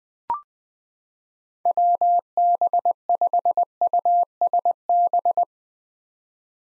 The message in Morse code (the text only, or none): WB5USB